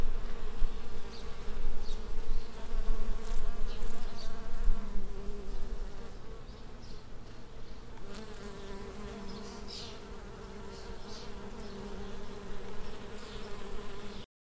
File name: Swarming Bees Up Close